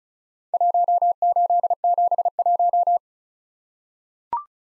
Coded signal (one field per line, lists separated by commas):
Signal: Morse code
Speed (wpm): 36 wpm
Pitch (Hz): 700 Hz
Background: none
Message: 1871